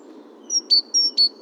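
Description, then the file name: Great tit calls: sharp high notes, some opened by brief clicks, in a quick repeated two-part pattern, several notes in a second and a half over faint low background hum. "Parus major"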